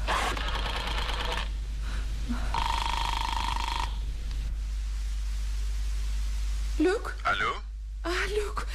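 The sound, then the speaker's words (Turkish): An old-style telephone bell rings in two shrill, buzzing bursts separated by a short pause, followed by quiet and then a person beginning to speak over a steady low hum. “Çiçekleri masaya koydum, telefona koştum.”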